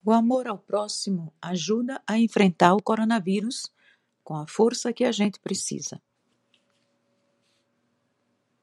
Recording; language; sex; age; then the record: spoken sentence; Brazilian Portuguese; female; 60 to 69 years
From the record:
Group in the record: control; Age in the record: 67 years